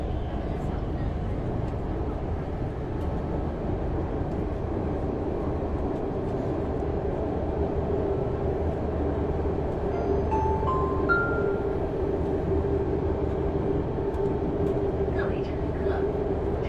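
Air conditioning roars steadily in a Shenzhen metro, a dense, unbroken low rush with a constant hum running through it. Around ten to eleven seconds a few short, thin tones step upward, and faint clicks and rattles surface now and then over the rumble of the train.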